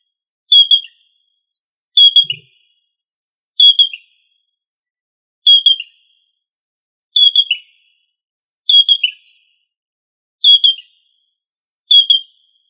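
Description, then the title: Rail calls: a sharp, high, clipped note repeated about every one and a half seconds, eight times, each with a brief downward tail, in otherwise silent surroundings. "Familia Rallidae"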